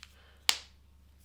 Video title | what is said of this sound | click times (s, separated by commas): Posca Paint Marker Pens - First Impressions! | I hear a little click sound so there we go | 0.5 s